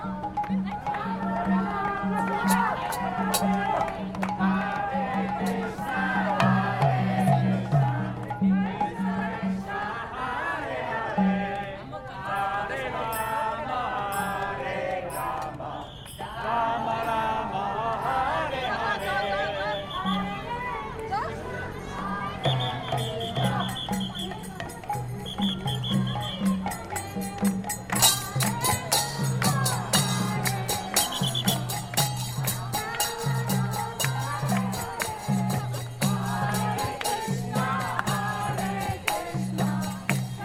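A street parade with an Indian chariot festival procession moves along as a crowd chants and sings over steady low drumming. Voices stay dense throughout, with a high whistle-like tone around 23–27 seconds and brighter cymbal-like clashes after 28 seconds.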